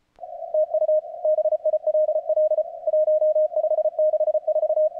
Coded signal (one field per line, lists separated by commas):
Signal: Morse code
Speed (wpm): 32 wpm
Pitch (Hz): 660 Hz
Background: none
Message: TU BILL 1564